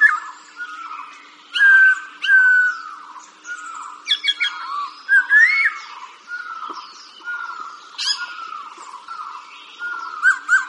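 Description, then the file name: Laughingthrush song, a varied run of loud whistles and rising slurred notes mixed with rapid harsh chattering bursts, repeated through the passage. "Khuou"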